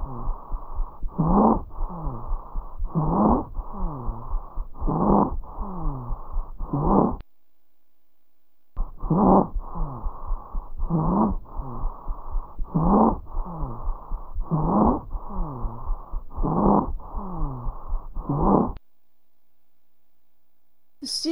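Rapid, labored, urgent breaths at about 34 a minute, each with a harsh, tonal, crowing quality, heard more on expiration than inspiration, in two runs separated by a brief pause. This is stridor: turbulent airflow through a narrowed upper airway, as from a foreign body in the throat, vocal cord edema or tracheal compression by a tumor, and always a medical emergency.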